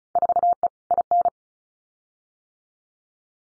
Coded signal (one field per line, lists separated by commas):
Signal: Morse code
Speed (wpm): 34 wpm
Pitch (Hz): 700 Hz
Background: none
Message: 4E IN